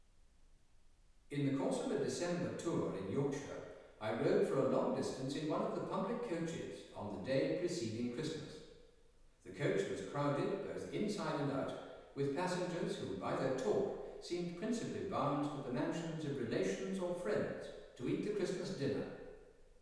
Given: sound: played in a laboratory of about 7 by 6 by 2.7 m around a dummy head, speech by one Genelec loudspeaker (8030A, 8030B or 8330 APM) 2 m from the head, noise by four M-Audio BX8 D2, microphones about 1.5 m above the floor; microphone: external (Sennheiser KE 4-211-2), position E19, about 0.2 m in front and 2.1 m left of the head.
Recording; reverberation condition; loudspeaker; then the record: male speech in English; high; 30 degrees to the right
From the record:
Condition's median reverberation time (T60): about 1300 ms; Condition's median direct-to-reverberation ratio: about -4.0 dB